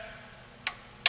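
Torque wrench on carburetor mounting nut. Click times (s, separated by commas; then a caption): 0.7 s, 1.1 s. A torque wrench on a carburetor mounting nut is clicked twice more to re-check the torque, giving two sharp clicks at 0.7 s and 1.1 s over a quiet background. Someone talks, counting the clicks, and the torque is confirmed.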